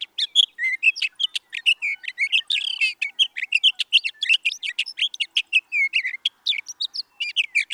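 Sage thrasher song, a long unbroken stream of rapid, varied warbled and chattering notes, high-pitched and hurried, running the full length without pause.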